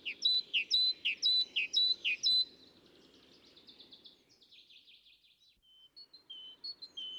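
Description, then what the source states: Great tit song: loud, regular two-note phrases alternating high and low for about two and a half seconds, then softer chattering and scattered whistled notes. Recorded in a cemetery.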